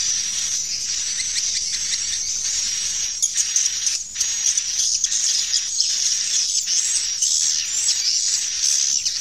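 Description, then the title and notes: Swiftlet twittering, a continuous high, buzzy wash with a steady thin tone and irregular chirp bursts. Swiftlet sound used in bird farming in Asia. "Swiflet Bird Sound. Farming Swiflet Bird asia sound"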